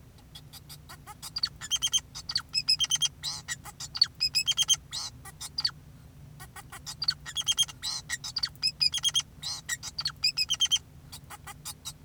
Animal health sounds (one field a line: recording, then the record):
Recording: song of a male Bengalese finch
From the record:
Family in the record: son of father 2, and himself father 4